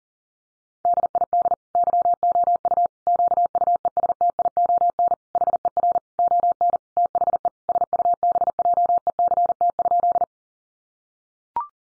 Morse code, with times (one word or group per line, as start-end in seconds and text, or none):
0.9-1.5 DID
1.8-2.9 YOU
3.1-5.1 QUESTION
5.4-6.0 HER
6.2-6.8 ON
7.0-7.5 THE
7.7-10.2 SUBJECT?